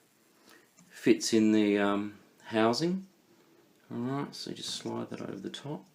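During reassembly of a Fisher & Paykel GW712 washing machine drain pump motor, a rubber-lugged pump component is being slid over the motor spindle and into the pump housing while someone talks. The audio is almost entirely speech with no sharp impacts, and the clip ends before the part goes home; nothing has seated or clicked yet.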